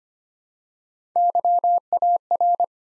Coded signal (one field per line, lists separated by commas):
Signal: Morse code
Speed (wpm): 25 wpm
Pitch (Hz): 700 Hz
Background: none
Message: YAR